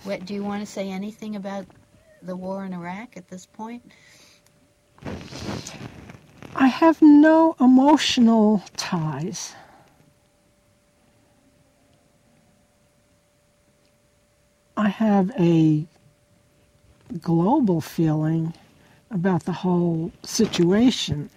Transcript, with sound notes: Do you want to say anything about the war in Iraq at this point?
I have no emotional ties. [long pause] I have a global feeling, about the whole situation.